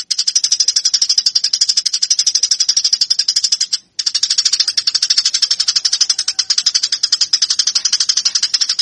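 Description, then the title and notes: Eurasian tree sparrow song, a dense train of rapid harsh chattering chirps, pausing briefly once. Fighting-style (tarung) song. "MASTER GEREJA TARUNG 1. burung gereja"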